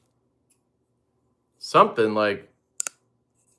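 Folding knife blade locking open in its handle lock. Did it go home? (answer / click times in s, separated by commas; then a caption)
yes / 2.8 s. Someone talks, then a folding knife blade is opened and locks open in its handle lock with a sharp click at 2.8 s, followed by a brief second tick just after. The blade lock is seated.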